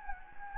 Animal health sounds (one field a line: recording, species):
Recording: mosquito wingbeat signal from an infrared sensor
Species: Anopheles gambiae